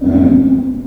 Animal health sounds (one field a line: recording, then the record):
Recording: squeal of a Yucatan mini pig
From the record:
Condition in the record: after surgery on the right vocal fold (resection and tissue-engineered implant)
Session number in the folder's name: 4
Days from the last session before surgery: 26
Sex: female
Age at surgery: 19 weeks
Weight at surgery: 25 kg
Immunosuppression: prednisolone